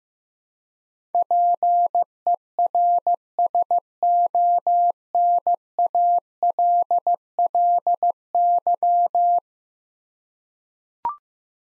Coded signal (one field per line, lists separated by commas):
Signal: Morse code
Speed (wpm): 15 wpm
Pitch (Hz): 700 Hz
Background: none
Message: PERSONALLY